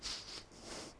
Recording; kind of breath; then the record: one breath in and out by a microphone near the nose and mouth; strong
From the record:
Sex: male